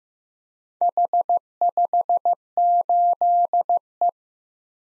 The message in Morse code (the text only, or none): H58E